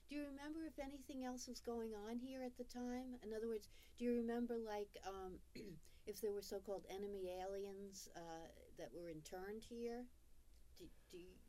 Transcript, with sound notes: Do you remember if anything else was going on here at the time? In other words, do you remember, like, [clears throat] if there were so-called enemy aliens that were interned here? D — do